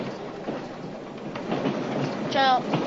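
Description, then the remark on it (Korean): A moving train loaded with supplies rumbles steadily, its wheels clattering over the rails in a loose rhythm, with a brief high-pitched squeal near the end as the noise swells louder. “그 기차에 실린 생필품들을 가난한 사람들에게 던져주기, 그리고 일이 끝나면 달리는 기차에서 뛰어내리기.”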